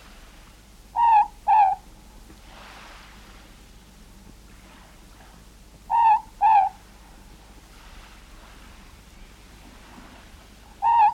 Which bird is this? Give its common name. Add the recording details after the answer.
Morepork. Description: Morepork/ruru song. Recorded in New Zealand